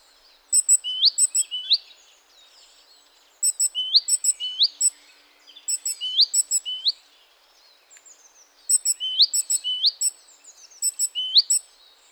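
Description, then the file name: Great tit calls: clusters of very high clicking ticks with sharp rising chips, in bouts of about a second separated by short quiet gaps. "Parus major"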